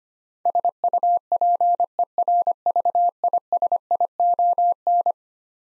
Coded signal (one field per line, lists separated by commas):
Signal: Morse code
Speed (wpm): 25 wpm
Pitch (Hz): 700 Hz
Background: none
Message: SUPERVISION